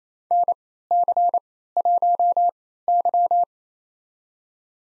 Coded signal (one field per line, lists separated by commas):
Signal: Morse code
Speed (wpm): 28 wpm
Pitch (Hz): 700 Hz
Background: none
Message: NC1Y